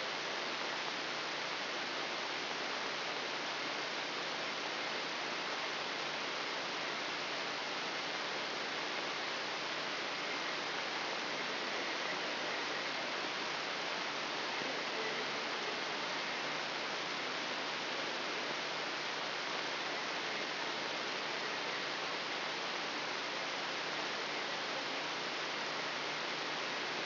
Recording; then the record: brain microelectrode recording played as sound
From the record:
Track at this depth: inside the subthalamic nucleus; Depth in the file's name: 3.108 mm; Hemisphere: left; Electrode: 3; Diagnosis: Parkinson's disease